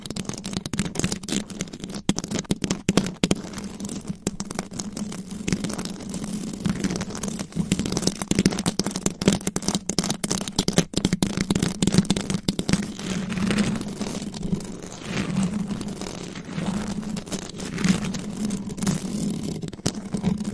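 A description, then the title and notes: Claws scratch rapidly and continuously against a microphone, a dense rasping made of countless tiny scrapes with no pauses across the whole stretch. Beneath it runs a steady low droning rumble, while the scratching adds a crisp, bright crackle on top. ASMR Mic Scratching - Brain Scratching with Claws. No Talking.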